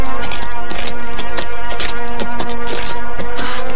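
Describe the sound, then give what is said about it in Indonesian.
A horse named Tunggul approaches, hooves clip-clopping in a quick, even rhythm, loud and steady throughout, over a sustained tonal backdrop with no voices. “Kau benar-benar seekor kuda yang baik, Tunggul.”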